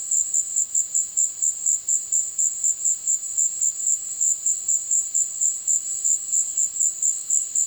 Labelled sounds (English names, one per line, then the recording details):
none
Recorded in dense forest near Puerto Asís, Putumayo, Colombia, on 19 February 2024 at 16:30
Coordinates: 0.505, -76.324
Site G6467